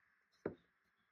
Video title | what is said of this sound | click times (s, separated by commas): How to make a CORTADO using a Ninja Coffee Machine - Cafe Luxe Premier Series | Well, it kind of clicks. | 0.5 s